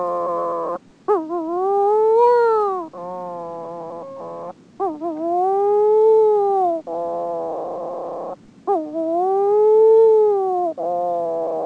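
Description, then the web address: Wedge-tailed shearwater giving repeated ghostly wails, each a rising then falling moan alternating with flat, reedy, buzzy notes, about three cycles in sequence. "Peterson North American Birds"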